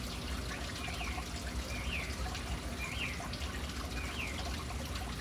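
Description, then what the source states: Bird giving short chirps, four separate notes about a second apart, over steady splashing and trickling water. Urban birds in a city, hanging around a fountain.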